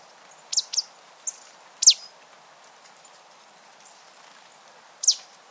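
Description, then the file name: Marsh tit calling with sharp, high, downward-sweeping notes, some in close pairs, spaced irregularly over several seconds against a quiet background. "Poecile palustris"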